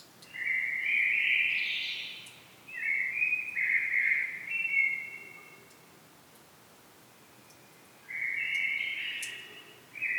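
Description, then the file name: Common blackbird song: fluty phrases with quick pitch changes, then a pause of a few seconds before the next phrase. "Turdus merula"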